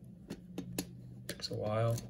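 A small Arduino microcontroller board is pressed firmly down into a plastic breadboard, producing a few faint, sharp ticks around 0.6, 0.8 and 1.3 seconds as it is worked in, while someone talks near the end. Nothing has seated or clicked yet, so the board is not yet pushed in flush.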